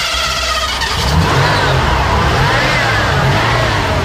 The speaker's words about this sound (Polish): No to jest jeden z bardziej takich kultowych samochodów, Ford Crown Victoria rocznikowo 91. To jest ostatni taki kwadratowy, solidny i mocny radiowóz policyjny, 5,7 litra. To jest ostatni silnik amerykański z gaźnikiem